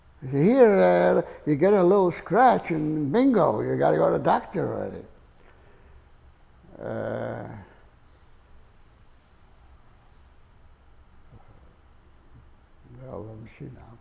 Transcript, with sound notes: Here, you get a little scratch and, bingo, you got to go to the doctor already. [pause] Well, let me see now.